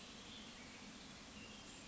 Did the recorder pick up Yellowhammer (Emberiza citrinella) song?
no